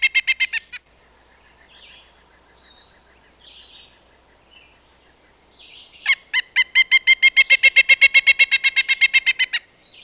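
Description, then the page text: Pileated woodpecker, a brief burst of ringing notes, a lull with faint bird chirps, then a long, steady series of loud wuk notes lasting several seconds. "Pileated Woodpecker. Quick Sounds library"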